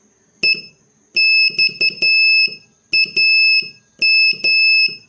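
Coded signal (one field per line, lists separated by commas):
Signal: Morse code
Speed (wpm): 12 wpm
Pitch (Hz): 2600 Hz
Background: none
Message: EXAM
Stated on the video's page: Morse code lesson practice adding letters P and X, using three- and four-letter practice words.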